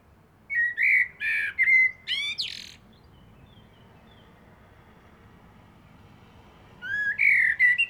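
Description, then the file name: Common blackbird song: a few mellow whistles with a scratchy high flourish, a pause of several seconds, then another whistled phrase begins. "Turdus merula"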